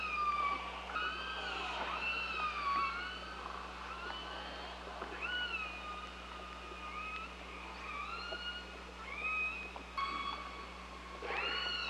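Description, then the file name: Killer whale calls, repeated siren-like harmonic squeals rising and dropping in pitch, some overlapping, with a constant low hum beneath. Killer whales recorded 16 July 2015 at 14h on channel 5. "Orques Orcalab 2015 07 16 14 h voie 5"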